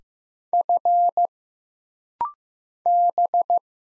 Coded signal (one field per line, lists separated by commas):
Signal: Morse code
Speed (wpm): 15 wpm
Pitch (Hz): 700 Hz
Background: none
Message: F B